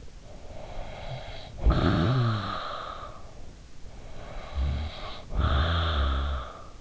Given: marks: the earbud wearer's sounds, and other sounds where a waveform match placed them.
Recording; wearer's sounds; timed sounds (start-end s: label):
sounds in sleep by an in-ear microphone; snoring breath
0.24-3.67 s: snoring breath
3.91-6.81 s: snoring breath